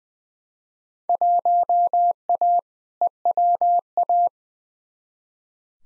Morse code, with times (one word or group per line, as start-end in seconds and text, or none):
1.1-2.6 1A
3.0-4.3 EWA